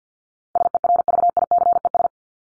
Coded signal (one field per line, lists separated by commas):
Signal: Morse code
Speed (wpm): 48 wpm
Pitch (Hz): 700 Hz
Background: none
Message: SERVICES